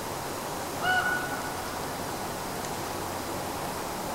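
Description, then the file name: Eurasian pygmy owl giving a single short, clear whistled note, steady in pitch, followed by quiet background hiss. "Sperlingskauz"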